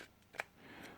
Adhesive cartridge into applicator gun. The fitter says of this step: that and you can push that down that locks into place